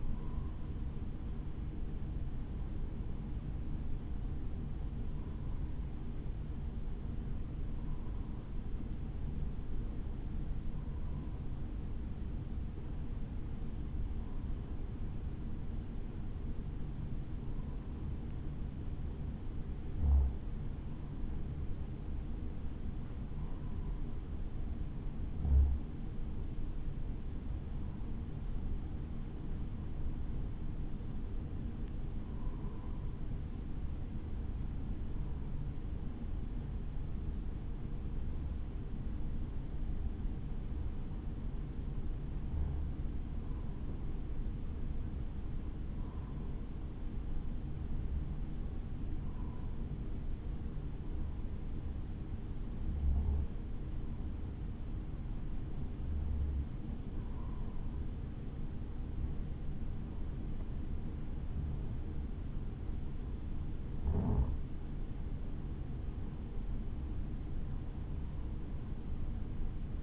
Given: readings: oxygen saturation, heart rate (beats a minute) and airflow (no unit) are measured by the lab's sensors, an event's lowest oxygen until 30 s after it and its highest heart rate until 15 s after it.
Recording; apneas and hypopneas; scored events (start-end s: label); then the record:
breathing in sleep by a smartphone at the bedside; 1
13.00-61.50 s: hypopnea (N2, oxygen 94% highest, then 93% lowest, heart rate 54 at the start, 60 highest)
54.00-70.03 s: new sleep stage, N1 (lightest sleep)
From the record:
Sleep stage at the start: N2 (light sleep); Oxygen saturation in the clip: 92 to 94%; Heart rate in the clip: 53 to 59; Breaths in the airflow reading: 25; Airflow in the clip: -2.9 to 3.0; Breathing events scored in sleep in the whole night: 216 in 7.0 hours asleep